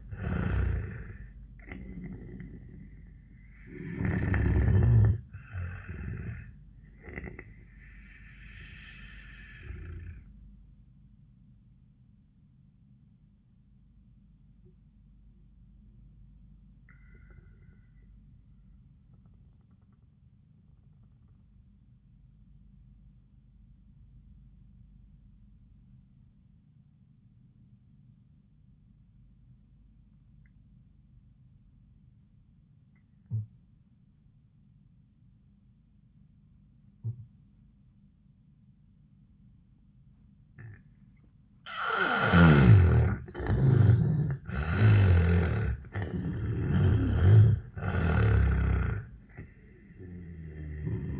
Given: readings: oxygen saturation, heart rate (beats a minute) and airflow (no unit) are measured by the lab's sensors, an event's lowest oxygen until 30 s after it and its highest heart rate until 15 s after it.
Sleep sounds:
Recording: breathing in sleep by a smartphone at the bedside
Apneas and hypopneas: 1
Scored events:
13.00-41.70 s: obstructive apnea (N1, oxygen 98% highest, then 76% lowest, heart rate 79 at the start, 96 highest)
22.00-51.20 s: new sleep stage, N2 (light sleep)
From the record:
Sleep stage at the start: N1 (lightest sleep)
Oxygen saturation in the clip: 76 to 98%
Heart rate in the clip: 79 to 96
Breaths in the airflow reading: 5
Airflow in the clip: -15.2 to 10.2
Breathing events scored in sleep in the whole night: 400 in 8.7 hours asleep

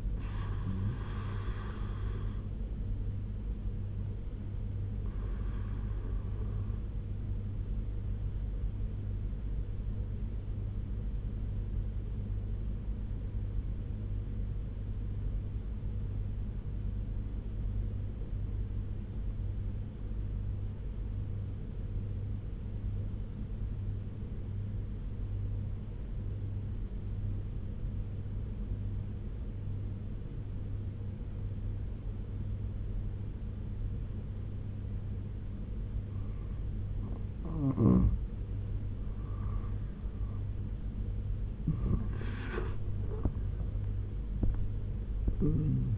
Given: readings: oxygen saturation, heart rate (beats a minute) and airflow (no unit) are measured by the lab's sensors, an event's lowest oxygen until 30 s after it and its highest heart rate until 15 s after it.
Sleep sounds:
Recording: breathing in sleep by a smartphone at the bedside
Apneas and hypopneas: 1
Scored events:
6.00-36.70 s: obstructive apnea (N1, oxygen 96% highest, then 86% lowest, heart rate 75 at the start, 85 highest)
18.00-45.98 s: new sleep stage, N2 (light sleep)
From the record:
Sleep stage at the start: N1 (lightest sleep)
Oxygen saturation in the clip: 88 to 96%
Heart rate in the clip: 70 to 85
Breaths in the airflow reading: 4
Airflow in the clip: -10.4 to 10.2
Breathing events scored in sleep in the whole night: 201 in 6.5 hours asleep

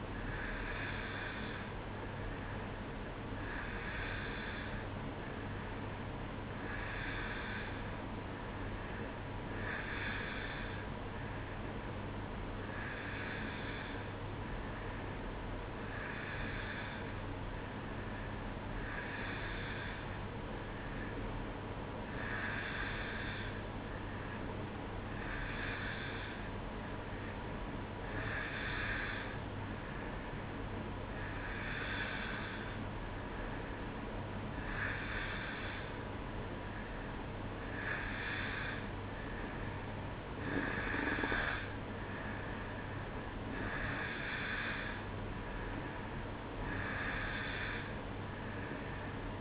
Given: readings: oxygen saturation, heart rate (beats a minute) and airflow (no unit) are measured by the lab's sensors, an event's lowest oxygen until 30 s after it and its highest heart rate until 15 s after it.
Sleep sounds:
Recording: breathing in sleep by a voice recorder at the bedside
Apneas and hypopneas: none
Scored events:
none scored
From the record:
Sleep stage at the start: N2 (light sleep)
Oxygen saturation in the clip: 90%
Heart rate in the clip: 64 to 67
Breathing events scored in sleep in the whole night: 305 in 9.6 hours asleep

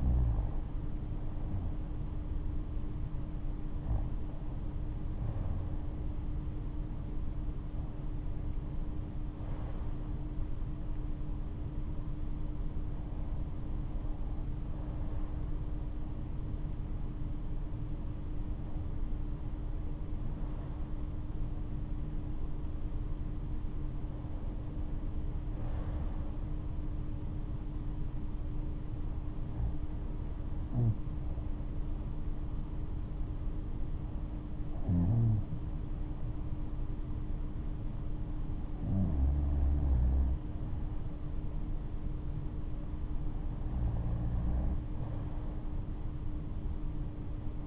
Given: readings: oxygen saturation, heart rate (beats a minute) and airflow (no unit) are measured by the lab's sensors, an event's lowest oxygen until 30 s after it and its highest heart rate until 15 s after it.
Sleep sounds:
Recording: breathing in sleep by a smartphone at the bedside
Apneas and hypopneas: none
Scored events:
none scored
From the record:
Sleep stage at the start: REM sleep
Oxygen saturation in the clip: 92 to 96%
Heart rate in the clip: 69 to 77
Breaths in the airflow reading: 10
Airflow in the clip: -12.5 to 9.1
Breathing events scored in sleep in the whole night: 228 in 5.4 hours asleep

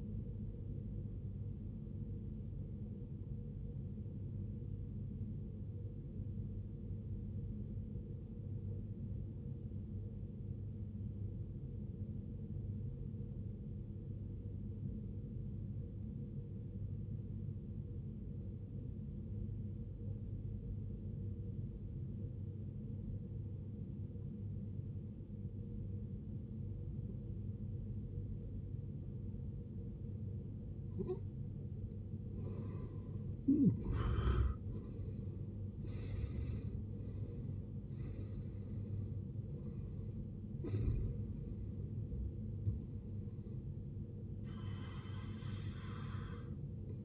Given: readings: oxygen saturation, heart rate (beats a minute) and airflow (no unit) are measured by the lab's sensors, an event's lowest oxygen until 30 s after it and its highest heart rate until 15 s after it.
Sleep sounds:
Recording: breathing in sleep by a smartphone at the bedside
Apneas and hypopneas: 1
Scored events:
6.00-31.20 s: obstructive apnea (N1, oxygen 93% highest, then 74% lowest, heart rate 53 at the start, 83 highest)
From the record:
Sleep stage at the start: N1 (lightest sleep)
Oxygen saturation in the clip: 75 to 93%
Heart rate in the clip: 53 to 83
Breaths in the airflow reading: 6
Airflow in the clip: -18.6 to 17.3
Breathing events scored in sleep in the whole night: 389 in 6.3 hours asleep

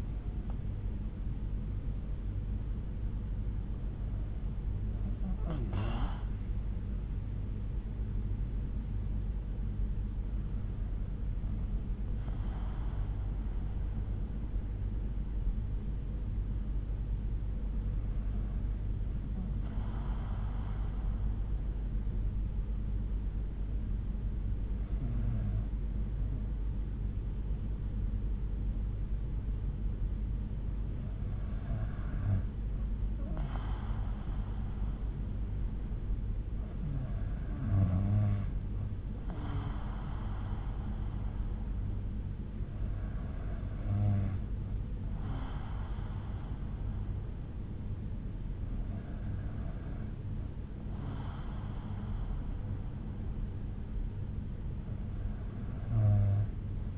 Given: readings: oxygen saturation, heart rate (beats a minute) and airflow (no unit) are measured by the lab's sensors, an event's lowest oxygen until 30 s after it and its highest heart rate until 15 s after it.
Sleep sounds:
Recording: breathing in sleep by a smartphone at the bedside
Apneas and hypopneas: 1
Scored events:
10.00-30.90 s: hypopnea (N2, oxygen 96% highest, then 92% lowest)
From the record:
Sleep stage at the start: N2 (light sleep)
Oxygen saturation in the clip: 92 to 96%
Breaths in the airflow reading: 9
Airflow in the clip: -4.6 to 5.2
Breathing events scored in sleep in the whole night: 368 in 8.0 hours asleep

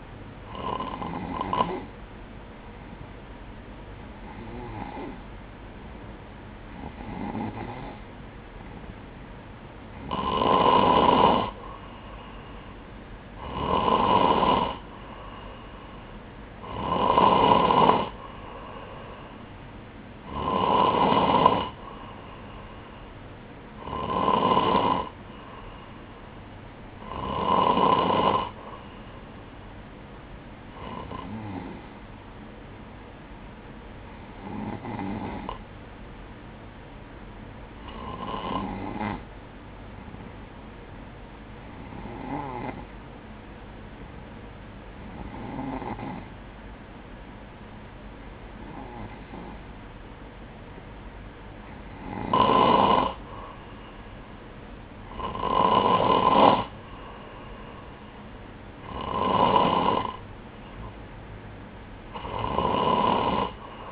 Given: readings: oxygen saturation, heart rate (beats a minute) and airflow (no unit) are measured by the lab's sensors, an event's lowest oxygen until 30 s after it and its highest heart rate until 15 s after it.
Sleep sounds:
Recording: breathing in sleep by a voice recorder at the bedside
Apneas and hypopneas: none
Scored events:
none scored
From the record:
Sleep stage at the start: N3 (deep sleep)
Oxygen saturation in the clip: 94 to 96%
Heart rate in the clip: 60 to 63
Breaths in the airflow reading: 18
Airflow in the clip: -7.3 to 4.8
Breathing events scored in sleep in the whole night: 180 in 6.7 hours asleep

